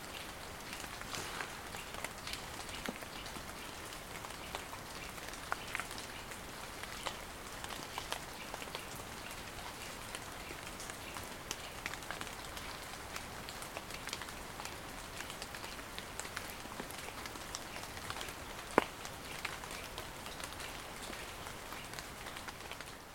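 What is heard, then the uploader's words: A village waking under a steady patter of rain, with dense, even drops tapping on surfaces throughout. Small crisp ticks are scattered across the whole stretch, and one sharper click stands out near the nineteen-second mark. The low end stays quiet. Listening to the countryside waking up. You wake in the small village of Butterton in the Staffordshire Peak District. With the window of the cottage set ajar, you return to bed, rest your head on the pillow and listen as the village slowly wakes. Recorded by Daniel Graham.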